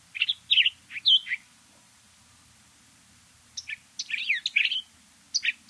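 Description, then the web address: Curve-billed thrasher song: short clusters of rich warbled notes, then a two-second pause before another burst of mixed whistled phrases. "Know Your Bird Sounds Common Western Species. Curve-billed Thrasher"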